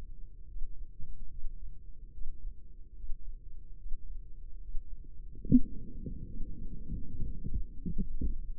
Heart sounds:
heart sounds by microphone in the left ear; 74 bpm
0.46 s: heartbeat
1.29 s: heartbeat
2.11 s: heartbeat
2.94 s: heartbeat
3.76 s: heartbeat
4.59 s: heartbeat
5.42 s: heartbeat
6.25 s: heartbeat
7.04 s: heartbeat
7.82 s: heartbeat
8.56 s: heartbeat
From the record:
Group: healthy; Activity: breath hold 0-6 s, rest 6-9 s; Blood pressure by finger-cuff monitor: 86/61 mmHg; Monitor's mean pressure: 67 mmHg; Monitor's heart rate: 73 bpm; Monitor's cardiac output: 5.2 L/min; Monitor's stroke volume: 71 mL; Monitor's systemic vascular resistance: 920 dyn s/cm5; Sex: female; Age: 22 years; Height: 163 cm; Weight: 67.1 kg

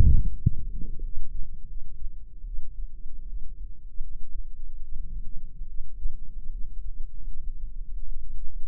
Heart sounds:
heart sounds by microphone in the left ear; 78 bpm
0.39 s: heartbeat
1.01 s: heartbeat
1.67 s: heartbeat
2.45 s: heartbeat
3.27 s: heartbeat
4.01 s: heartbeat
4.81 s: heartbeat
5.67 s: heartbeat
6.50 s: heartbeat
7.25 s: heartbeat
8.06 s: heartbeat
From the record:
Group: healthy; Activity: rest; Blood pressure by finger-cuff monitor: 115/73 mmHg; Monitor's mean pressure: 86 mmHg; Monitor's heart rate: 78 bpm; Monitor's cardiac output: 6.2 L/min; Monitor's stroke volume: 79 mL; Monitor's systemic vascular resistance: 1110 dyn s/cm5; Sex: female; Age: 22 years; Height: 160 cm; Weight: 45 kg

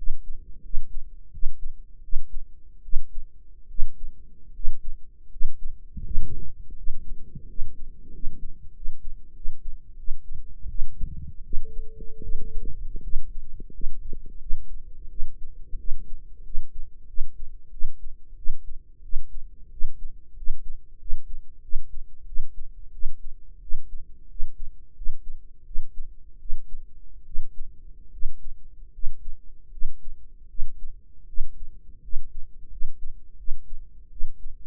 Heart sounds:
heart sounds by microphone in the right ear; 84 bpm
0.60 s: heartbeat
1.28 s: heartbeat
1.99 s: heartbeat
2.80 s: heartbeat
3.65 s: heartbeat
4.49 s: heartbeat
5.27 s: heartbeat
6.01 s: heartbeat
6.73 s: heartbeat
7.44 s: heartbeat
8.08 s: heartbeat
8.70 s: heartbeat
9.31 s: heartbeat
9.94 s: heartbeat
10.66 s: heartbeat
11.41 s: heartbeat
12.19 s: heartbeat
12.99 s: heartbeat
13.69 s: heartbeat
14.37 s: heartbeat
15.07 s: heartbeat
15.75 s: heartbeat
16.41 s: heartbeat
17.05 s: heartbeat
17.69 s: heartbeat
18.34 s: heartbeat
19.00 s: heartbeat
19.68 s: heartbeat
20.33 s: heartbeat
20.97 s: heartbeat
21.60 s: heartbeat
22.24 s: heartbeat
22.90 s: heartbeat
23.58 s: heartbeat
24.26 s: heartbeat
24.92 s: heartbeat
25.63 s: heartbeat
26.37 s: heartbeat
27.23 s: heartbeat
28.09 s: heartbeat
28.90 s: heartbeat
29.69 s: heartbeat
30.46 s: heartbeat
31.25 s: heartbeat
31.99 s: heartbeat
32.67 s: heartbeat
33.35 s: heartbeat
34.08 s: heartbeat
From the record:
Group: healthy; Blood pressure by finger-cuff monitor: 119/64 mmHg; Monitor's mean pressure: 83 mmHg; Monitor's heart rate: 87 bpm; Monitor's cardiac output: 8.1 L/min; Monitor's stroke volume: 99 mL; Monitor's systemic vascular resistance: 740 dyn s/cm5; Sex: female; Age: 23 years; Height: 160 cm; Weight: 50.4 kg

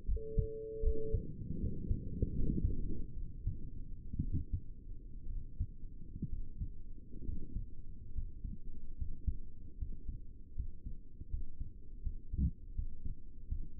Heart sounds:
heart sounds by stethoscope; 72 bpm
0.08 s: heartbeat
0.83 s: heartbeat
1.59 s: heartbeat
2.33 s: heartbeat
3.16 s: heartbeat
4.22 s: heartbeat
5.30 s: heartbeat
6.31 s: heartbeat
7.26 s: heartbeat
8.15 s: heartbeat
8.98 s: heartbeat
9.79 s: heartbeat
10.56 s: heartbeat
11.31 s: heartbeat
12.03 s: heartbeat
12.76 s: heartbeat
13.49 s: heartbeat
From the record:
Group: healthy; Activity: rest 0-6 s, Valsalva maneuver 6-14 s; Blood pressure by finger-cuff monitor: 85/60 mmHg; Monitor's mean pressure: 70 mmHg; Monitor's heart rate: 75 bpm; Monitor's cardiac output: 6.2 L/min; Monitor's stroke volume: 85 mL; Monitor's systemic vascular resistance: 790 dyn s/cm5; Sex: male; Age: 22 years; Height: 181 cm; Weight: 79 kg

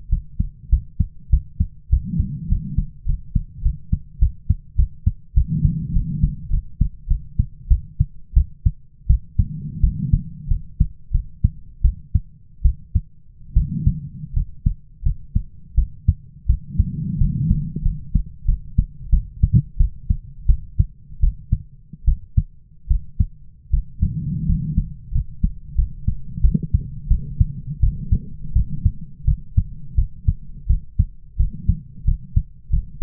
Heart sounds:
heart sounds by stethoscope; 88 bpm
0.09 s: heartbeat
0.70 s: heartbeat
1.30 s: heartbeat
1.90 s: heartbeat
2.49 s: heartbeat
3.06 s: heartbeat
3.62 s: heartbeat
4.19 s: heartbeat
4.76 s: heartbeat
5.34 s: heartbeat
5.93 s: heartbeat
6.50 s: heartbeat
7.08 s: heartbeat
7.68 s: heartbeat
8.34 s: heartbeat
9.07 s: heartbeat
9.81 s: heartbeat
10.48 s: heartbeat
11.11 s: heartbeat
11.82 s: heartbeat
12.62 s: heartbeat
13.54 s: heartbeat
14.33 s: heartbeat
15.03 s: heartbeat
15.75 s: heartbeat
16.46 s: heartbeat
17.18 s: heartbeat
17.82 s: heartbeat
18.45 s: heartbeat
19.10 s: heartbeat
19.77 s: heartbeat
20.46 s: heartbeat
21.20 s: heartbeat
22.05 s: heartbeat
22.88 s: heartbeat
23.70 s: heartbeat
24.46 s: heartbeat
25.12 s: heartbeat
25.75 s: heartbeat
26.41 s: heartbeat
27.08 s: heartbeat
27.80 s: heartbeat
28.53 s: heartbeat
29.25 s: heartbeat
29.95 s: heartbeat
30.67 s: heartbeat
31.36 s: heartbeat
32.05 s: heartbeat
32.70 s: heartbeat
From the record:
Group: healthy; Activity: rest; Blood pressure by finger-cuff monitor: 92/67 mmHg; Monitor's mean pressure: 78 mmHg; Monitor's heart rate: 87 bpm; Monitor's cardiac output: 7.1 L/min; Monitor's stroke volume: 82 mL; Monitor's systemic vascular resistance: 790 dyn s/cm5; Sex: female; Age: 22 years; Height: 157 cm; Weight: 47.6 kg

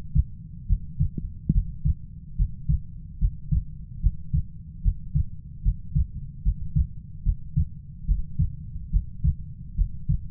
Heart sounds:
heart sounds by stethoscope; 73 bpm
0.66 s: heartbeat
1.52 s: heartbeat
2.36 s: heartbeat
3.18 s: heartbeat
4.00 s: heartbeat
4.82 s: heartbeat
5.62 s: heartbeat
6.42 s: heartbeat
7.23 s: heartbeat
8.05 s: heartbeat
8.90 s: heartbeat
9.75 s: heartbeat
From the record:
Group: healthy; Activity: Valsalva maneuver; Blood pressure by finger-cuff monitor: 73/63 mmHg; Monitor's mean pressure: 66 mmHg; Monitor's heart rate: 72 bpm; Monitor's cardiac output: 5.3 L/min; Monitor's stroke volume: 73 mL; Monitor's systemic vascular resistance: 970 dyn s/cm5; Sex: female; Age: 19 years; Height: 163 cm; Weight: 48.9 kg

